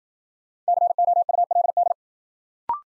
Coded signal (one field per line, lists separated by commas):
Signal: Morse code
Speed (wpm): 53 wpm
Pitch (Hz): 700 Hz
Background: none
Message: COULD